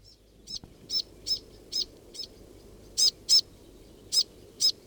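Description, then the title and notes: New Zealand fantail giving several sharp, high chirps spaced irregularly, some louder than others, over a faint low background hum. Known locally as pīwakawaka; chirruping birds, a familiar sight in gardens across New Zealand. "The pīwakawaka, commonly known as the fantail, is a familiar sight in gardens across New Zealand."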